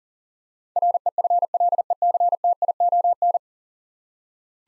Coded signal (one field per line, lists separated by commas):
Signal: Morse code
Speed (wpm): 40 wpm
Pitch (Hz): 700 Hz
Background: none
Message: REFLECTION